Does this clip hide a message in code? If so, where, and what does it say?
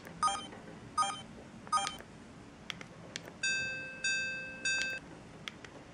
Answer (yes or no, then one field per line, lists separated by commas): no